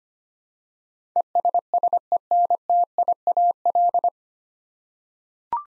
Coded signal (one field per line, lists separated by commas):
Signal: Morse code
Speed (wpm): 25 wpm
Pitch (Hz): 700 Hz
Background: none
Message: ESSENTIAL